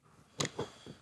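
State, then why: Not seated. A plastic wiring cap is handled over the back of an RV shore power inlet after its three wires have been tightened. Sharp handling knocks are heard at about 0.4 s, 0.6 s and 1.0 s. Nothing has seated or locked into place yet.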